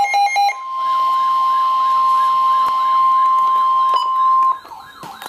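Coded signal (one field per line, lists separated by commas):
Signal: Emergency Alert System (SAME) tones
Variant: 1050 Hz attention tone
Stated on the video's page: Special marine warning SAME tones.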